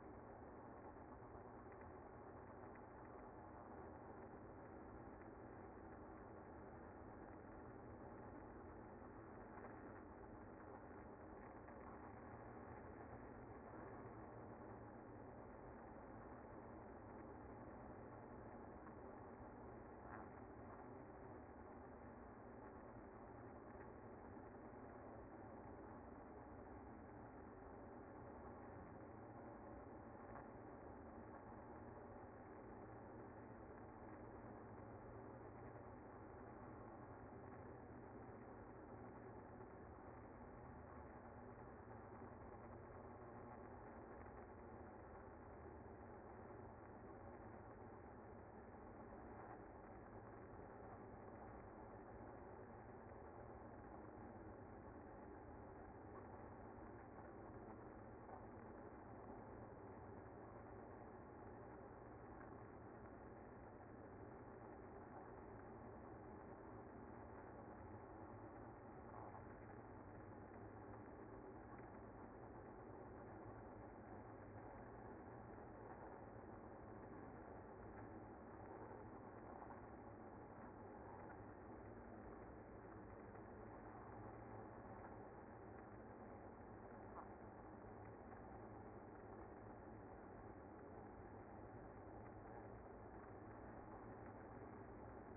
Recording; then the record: honeybee colony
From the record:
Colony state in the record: active